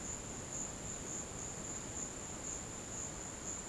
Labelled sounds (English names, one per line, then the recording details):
none
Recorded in dense forest near Puerto Asís, Putumayo, Colombia, on 13 March 2025 at 16:30
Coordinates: 0.486, -76.317
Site G053